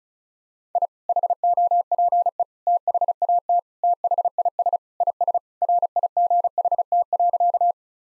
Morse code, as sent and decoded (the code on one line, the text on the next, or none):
.. / .... --- .--. . / - .... .- - / - .... .. ... / .. ... / .-. .. --. .... - .-.-.-
I HOPE THAT THIS IS RIGHT.